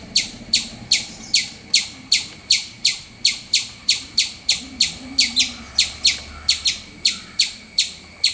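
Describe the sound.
Squirrel repeating sharp, high-pitched chirps at a steady, rapid rate, around twenty in eight seconds, over faint background noise.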